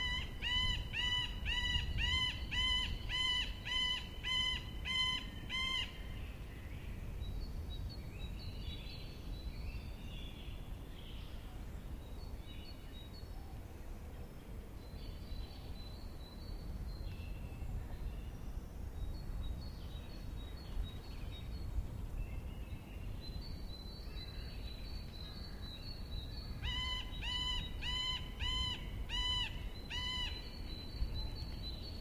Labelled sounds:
Middle Spotted Woodpecker (Dendrocopos medius)
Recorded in the wild
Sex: male
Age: adult
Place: Liepnitzsee, Naturpark Barnim, Brandenburg, DE
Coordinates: 52.7417, 13.5119
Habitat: decidouos forest
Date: 2011-03-20 10:45
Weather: fair, 5°C, no wind
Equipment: Sound Devices 702, Sennheiser MKH 70, Rycote Windschutz
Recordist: Frommolt, Karl-Heinz

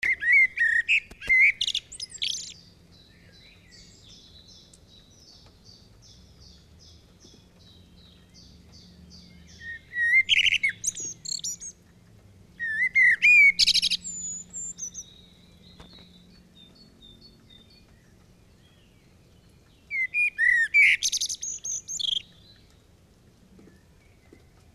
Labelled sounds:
Common Blackbird (Turdus merula) song
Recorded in the wild
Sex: male
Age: adult
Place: Kaiserslautern, Rheinland-Pfalz, DE
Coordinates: 49.4286, 7.77861
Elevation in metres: 279
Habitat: garden
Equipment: Uher 4000 Report, Sennheiser MKH 815 T
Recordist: Tretzel, Erwin

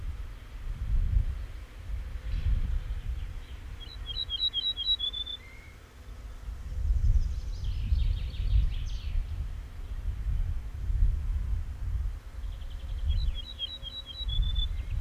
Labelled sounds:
Ortolan Bunting (Emberiza hortulana) song
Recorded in the wild
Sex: male
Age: adult
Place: Schloß Holte-Stukenbrock, Senne, Nordrhein-Westfalen, DE
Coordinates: 51.87, 8.66556
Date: 1971-06-10
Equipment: Uher 4000 Report-S, Bändchenmikro Beyer M 260, Parabolspiegel Polyester (470 mm)
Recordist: Conrads, Klaus
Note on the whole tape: Hof Benteler (Furlbach-Gebiet). Männchen: Mischsänger (süddeutsch und NW)

